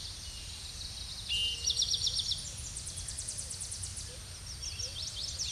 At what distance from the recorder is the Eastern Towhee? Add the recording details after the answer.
about 15 m. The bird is about 5 m above the microphone. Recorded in a Pennsylvania forest on 16 May 2024 at 07:38. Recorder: AudioMoth, point MSD-2494. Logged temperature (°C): 15.6 °C. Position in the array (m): 181 m, 181 m